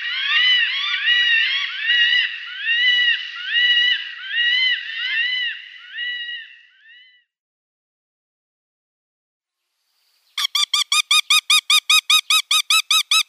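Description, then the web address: Northern goshawk nestlings: a continuous warbling, chattering run of wavering squeals for seven seconds, then silence, then a fast series of short sharp notes. "Schulze Peter Goshawk nestlings"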